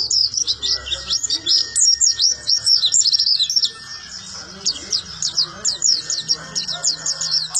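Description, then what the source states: White-eye song: a rapid, high twittering run of thin chirps and slurred notes, pausing briefly midway, with a faint steady tone underneath. Long, melodious song.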